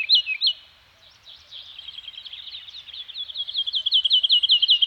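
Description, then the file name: Bird song made of bright, high chirped notes, opening with two loud slurred phrases, then a fainter stretch before a fast, strong repeated trill builds toward the end. Birds singing in a Scandinavian forest. "Nature Soundscape - Scandinavian Forest Environment with Birds Singing"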